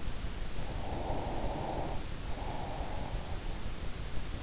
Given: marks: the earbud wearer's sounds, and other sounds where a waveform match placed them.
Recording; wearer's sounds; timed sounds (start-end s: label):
sounds in sleep by an in-ear microphone; breath
0.52-3.59 s: breath